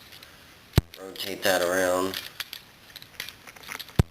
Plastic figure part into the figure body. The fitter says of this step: pop that back. It kind of locks, kind of doesn't lock, but not too bad though.